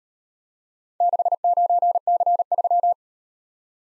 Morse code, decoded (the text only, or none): 69C3